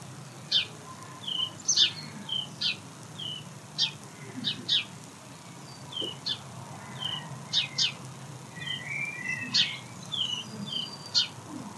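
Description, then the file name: House sparrow giving short, bright chirps at irregular intervals, sometimes in quick pairs, over a soft background hum. "Passer domesticus"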